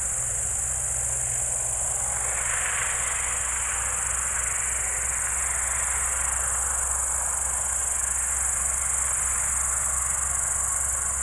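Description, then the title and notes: Crickets in an unbroken high-pitched chorus; a low engine drone runs beneath, and a passing vehicle swells briefly early on. Evening crickets at Spalona Pass, Bystrzyckie Mountains, Poland, 18 July 2024 around 19:00; old tractor mowing grass in the village below and passing cars audible. "Spalona 6, 57-516, Polska - Spalona Pass - crickets and haymaking. Przełęcz Spalona w Górach Bystrzyckich. wieczorne świerszcze"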